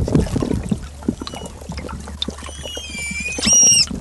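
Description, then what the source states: Manatee giving a few rising, whistle-like squeaks near the end, ending in a louder squeal, over bubbling water and a low hum. Manatee described as frightened.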